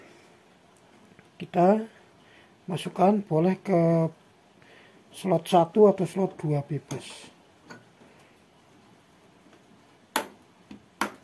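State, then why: Seated. A RAM module is pressed into a motherboard DIMM memory slot while someone talks. Two sharp clicks sound at 10.2 s and 11.0 s as the retention clips snap shut, showing the module is properly seated.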